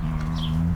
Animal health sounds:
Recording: contact call of a hoofed animal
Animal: cattle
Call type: low-frequency (closed-mouth) or high-frequency (open-mouth) call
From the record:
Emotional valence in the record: negative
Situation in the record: full separation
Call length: 0.76 s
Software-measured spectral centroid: 1880 Hz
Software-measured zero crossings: 740 a second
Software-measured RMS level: -24 dBFS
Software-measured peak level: -14 dBFS

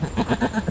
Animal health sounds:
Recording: contact call of a hoofed animal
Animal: goat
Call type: low-frequency (closed-mouth) or high-frequency (open-mouth) call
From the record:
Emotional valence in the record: negative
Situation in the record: short social isolation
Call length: 0.71 s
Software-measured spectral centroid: 1780 Hz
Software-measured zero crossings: 1820 a second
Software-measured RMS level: -23 dBFS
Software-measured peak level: -8 dBFS

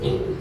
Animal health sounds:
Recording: contact call of a hoofed animal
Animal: pig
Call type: closed-mouth grunt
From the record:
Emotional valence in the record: positive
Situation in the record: food and toys in familiar pen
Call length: 0.41 s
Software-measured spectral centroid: 1550 Hz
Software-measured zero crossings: 1040 a second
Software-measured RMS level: -24 dBFS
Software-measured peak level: -11 dBFS

